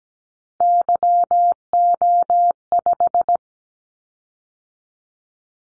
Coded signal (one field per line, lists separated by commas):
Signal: Morse code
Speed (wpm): 17 wpm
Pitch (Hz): 700 Hz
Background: none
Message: YO5